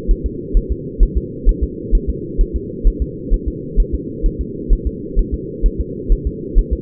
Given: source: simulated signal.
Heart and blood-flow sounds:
fetal heart sounds
0.11 s: S1
0.26 s: S2
0.57 s: S1
0.72 s: S2
1.03 s: S1
1.18 s: S2
1.49 s: S1
1.63 s: S2
1.95 s: S1
2.10 s: S2
2.41 s: S1
2.56 s: S2
2.87 s: S1
3.02 s: S2
3.34 s: S1
3.48 s: S2
3.80 s: S1
3.94 s: S2
4.26 s: S1
4.41 s: S2
4.73 s: S1
4.87 s: S2
5.19 s: S1
5.34 s: S2
5.66 s: S1
5.81 s: S2
6.12 s: S1
6.27 s: S2
6.59 s: S1
6.73 s: S2
From the record:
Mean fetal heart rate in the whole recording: 130 bpm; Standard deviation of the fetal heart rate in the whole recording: 2 bpm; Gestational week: 38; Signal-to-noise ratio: -4.1 dB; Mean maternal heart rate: no maternal heart sound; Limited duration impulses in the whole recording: absent

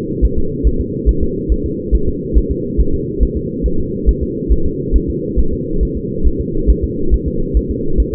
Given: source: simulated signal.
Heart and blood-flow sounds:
fetal heart sounds
0.25 s: S1
0.39 s: S2
0.67 s: S1
0.81 s: S2
1.09 s: S1
1.23 s: S2
1.52 s: S1
1.66 s: S2
1.95 s: S1
2.09 s: S2
2.38 s: S1
2.51 s: S2
2.80 s: S1
2.94 s: S2
3.23 s: S1
3.37 s: S2
3.66 s: S1
3.80 s: S2
4.09 s: S1
4.23 s: S2
4.52 s: S1
4.66 s: S2
4.96 s: S1
5.10 s: S2
5.39 s: S1
5.53 s: S2
5.83 s: S1
5.97 s: S2
6.27 s: S1
6.41 s: S2
6.70 s: S1
6.84 s: S2
7.14 s: S1
7.28 s: S2
7.57 s: S1
7.71 s: S2
8.00 s: S1
8.14 s: S2
From the record:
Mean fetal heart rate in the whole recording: 140 bpm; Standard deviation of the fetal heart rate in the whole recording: 2 bpm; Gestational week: 34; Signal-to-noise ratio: -8.1 dB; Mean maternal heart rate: 72 bpm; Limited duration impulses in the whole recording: absent

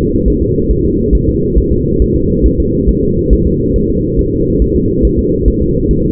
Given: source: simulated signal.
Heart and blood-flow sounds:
fetal heart sounds
0.28 s: S1
0.42 s: S2
0.71 s: S1
0.85 s: S2
1.15 s: S1
1.29 s: S2
1.58 s: S1
1.72 s: S2
2.02 s: S1
2.16 s: S2
2.46 s: S1
2.60 s: S2
2.89 s: S1
3.03 s: S2
3.33 s: S1
3.47 s: S2
3.76 s: S1
3.90 s: S2
4.19 s: S1
4.33 s: S2
4.62 s: S1
4.76 s: S2
5.05 s: S1
5.19 s: S2
5.48 s: S1
5.62 s: S2
5.91 s: S1
6.05 s: S2
From the record:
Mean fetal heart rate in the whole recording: 140 bpm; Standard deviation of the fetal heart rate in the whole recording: 2 bpm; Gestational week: 34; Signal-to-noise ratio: -14.7 dB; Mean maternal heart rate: 72 bpm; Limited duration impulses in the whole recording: present

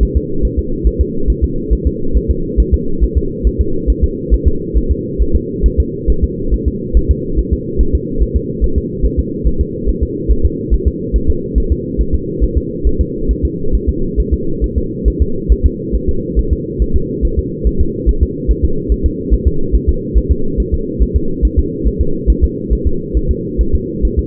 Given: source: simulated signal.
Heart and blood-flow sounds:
fetal heart sounds
0.03 s: S1
0.17 s: S2
0.45 s: S1
0.59 s: S2
0.87 s: S1
1.01 s: S2
1.30 s: S1
1.44 s: S2
1.73 s: S1
1.87 s: S2
2.17 s: S1
2.31 s: S2
2.60 s: S1
2.74 s: S2
3.03 s: S1
3.18 s: S2
3.47 s: S1
3.61 s: S2
3.90 s: S1
4.04 s: S2
4.34 s: S1
4.48 s: S2
4.78 s: S1
4.91 s: S2
5.22 s: S1
5.36 s: S2
5.66 s: S1
5.80 s: S2
6.10 s: S1
6.24 s: S2
6.54 s: S1
6.68 s: S2
6.97 s: S1
7.11 s: S2
7.39 s: S1
7.53 s: S2
7.81 s: S1
7.95 s: S2
8.22 s: S1
8.36 s: S2
8.64 s: S1
8.78 s: S2
9.06 s: S1
9.19 s: S2
9.47 s: S1
9.61 s: S2
9.89 s: S1
10.03 s: S2
10.31 s: S1
10.45 s: S2
10.74 s: S1
10.88 s: S2
11.16 s: S1
11.30 s: S2
11.58 s: S1
11.72 s: S2
12.01 s: S1
12.15 s: S2
12.43 s: S1
12.58 s: S2
12.87 s: S1
13.01 s: S2
13.31 s: S1
13.45 s: S2
13.75 s: S1
13.89 s: S2
14.20 s: S1
14.34 s: S2
14.64 s: S1
14.78 s: S2
15.08 s: S1
15.22 s: S2
15.52 s: S1
15.66 s: S2
15.95 s: S1
16.09 s: S2
16.39 s: S1
16.53 s: S2
16.82 s: S1
16.96 s: S2
17.25 s: S1
17.39 s: S2
17.67 s: S1
17.81 s: S2
18.09 s: S1
18.23 s: S2
18.51 s: S1
18.65 s: S2
18.92 s: S1
19.06 s: S2
19.34 s: S1
19.47 s: S2
19.75 s: S1
19.89 s: S2
20.17 s: S1
20.32 s: S2
20.60 s: S1
20.74 s: S2
21.02 s: S1
21.16 s: S2
21.45 s: S1
21.59 s: S2
21.87 s: S1
22.01 s: S2
22.30 s: S1
22.44 s: S2
22.73 s: S1
22.87 s: S2
23.17 s: S1
23.31 s: S2
23.61 s: S1
23.75 s: S2
24.05 s: S1
24.19 s: S2
From the record:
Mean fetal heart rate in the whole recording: 140 bpm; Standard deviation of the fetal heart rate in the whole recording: 2 bpm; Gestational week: 34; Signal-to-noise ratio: -8.1 dB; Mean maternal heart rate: 72 bpm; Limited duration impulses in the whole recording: absent

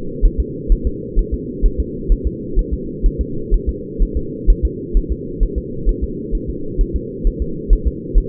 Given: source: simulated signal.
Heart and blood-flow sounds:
fetal heart sounds
0.25 s: S1
0.40 s: S2
0.72 s: S1
0.87 s: S2
1.19 s: S1
1.34 s: S2
1.66 s: S1
1.80 s: S2
2.12 s: S1
2.27 s: S2
2.59 s: S1
2.73 s: S2
3.06 s: S1
3.21 s: S2
3.54 s: S1
3.69 s: S2
4.03 s: S1
4.17 s: S2
4.50 s: S1
4.65 s: S2
4.97 s: S1
5.12 s: S2
5.43 s: S1
5.58 s: S2
5.89 s: S1
6.04 s: S2
6.35 s: S1
6.50 s: S2
6.81 s: S1
6.96 s: S2
7.27 s: S1
7.42 s: S2
7.73 s: S1
7.88 s: S2
8.18 s: S1
From the record:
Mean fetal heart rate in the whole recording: 130 bpm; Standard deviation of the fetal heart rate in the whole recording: 4 bpm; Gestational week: 38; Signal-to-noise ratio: -4.3 dB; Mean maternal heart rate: 72 bpm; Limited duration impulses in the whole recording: absent

